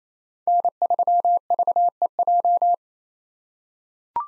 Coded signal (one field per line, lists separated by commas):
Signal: Morse code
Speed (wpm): 27 wpm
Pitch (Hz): 700 Hz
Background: none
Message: N3VEJ